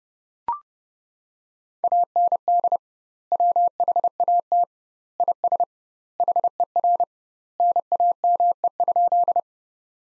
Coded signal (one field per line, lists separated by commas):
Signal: Morse code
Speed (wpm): 32 wpm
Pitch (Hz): 700 Hz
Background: none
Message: AND WHAT IS HER NAME?